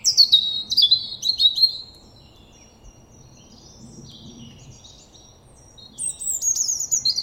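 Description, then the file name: European robin singing high, liquid warbling phrases with falling and rising notes, separated by a quiet gap with a few soft thin notes, then a fresh bright phrase. "Erithacus rubecula"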